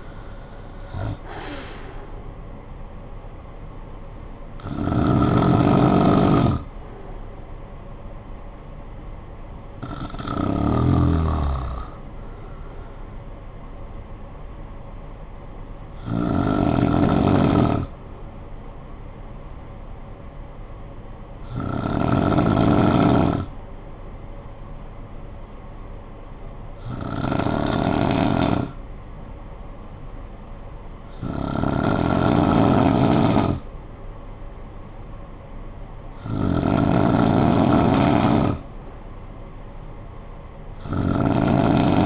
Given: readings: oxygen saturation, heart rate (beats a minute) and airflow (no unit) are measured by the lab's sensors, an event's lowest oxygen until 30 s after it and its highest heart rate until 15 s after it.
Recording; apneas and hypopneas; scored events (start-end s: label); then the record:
breathing in sleep by a smartphone at the bedside; 1
23.00-37.40 s: hypopnea (N2, oxygen 97% highest, then 92% lowest, heart rate 53 at the start, 58 highest)
From the record:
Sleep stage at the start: N2 (light sleep); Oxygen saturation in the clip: 90 to 97%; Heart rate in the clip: 51 to 74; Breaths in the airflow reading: 8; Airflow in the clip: -17.5 to 7.9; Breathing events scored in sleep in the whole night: 445 in 7.6 hours asleep